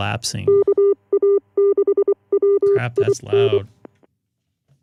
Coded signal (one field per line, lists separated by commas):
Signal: Morse code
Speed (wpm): 24 wpm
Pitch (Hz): 400 Hz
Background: speech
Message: KA6WIN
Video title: 🔴 K6EGG Live stream 6-26-25 DMR, DStar, HF and FT8 Icom IC-9700 AND IC-7610 HF antenna